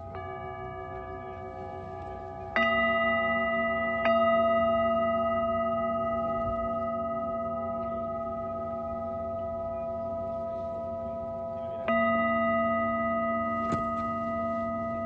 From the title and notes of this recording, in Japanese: メキシコ-カンクンより サンライズサウンドヒーリングの中継ライブをしました。